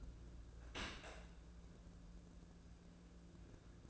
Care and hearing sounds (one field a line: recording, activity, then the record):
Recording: daily activity, microphone in the room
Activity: open dishwasher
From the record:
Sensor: 2